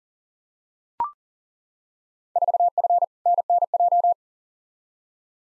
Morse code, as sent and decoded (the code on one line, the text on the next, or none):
....- ..-. / -. -. .---
4F NNJ